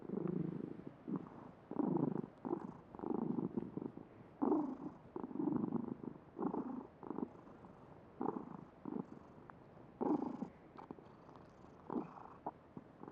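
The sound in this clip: Cat purring in a pulsing rhythm, each breath-driven rumble swelling and fading roughly once a second, with brief pauses and faint soft clicks.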